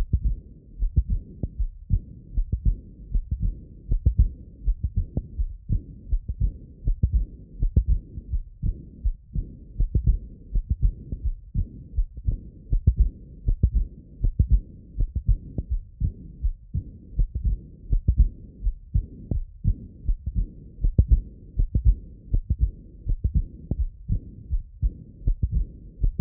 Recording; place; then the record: heart sounds by stethoscope; tricuspid valve (TV)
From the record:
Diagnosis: non-HFrEF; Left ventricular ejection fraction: 56%